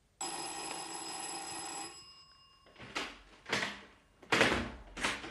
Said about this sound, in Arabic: استنيت لما أختي نامت وضربت الجرس عليها.